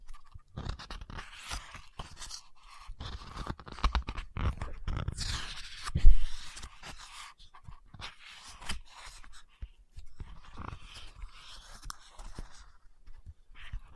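Tapping, scratching and page turning on a book, made of short, irregular rustles and taps that come in quick clusters with brief silent gaps. A louder, fuller flurry of handling builds around six seconds, then the sounds thin into lighter, scattered scratches.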